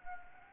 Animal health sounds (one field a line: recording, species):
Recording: mosquito wingbeat signal from an infrared sensor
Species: Anopheles arabiensis